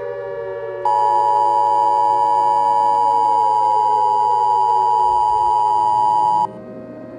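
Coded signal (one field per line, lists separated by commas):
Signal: Emergency Alert System (SAME) tones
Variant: 853 and 960 Hz attention tone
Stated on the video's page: Simulated EAS scenario, not a real alert.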